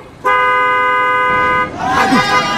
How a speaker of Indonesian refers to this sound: Aduh, truk tadi ceroboh sekali, menyalip, hampir saja bis kita terserempet. Iya, tiba-tiba saja bus oleng ke kiri, Ayah.